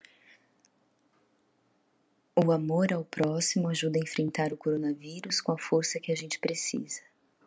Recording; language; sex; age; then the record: spoken sentence; Brazilian Portuguese; female; 30 to 39 years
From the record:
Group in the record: control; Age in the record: 37 years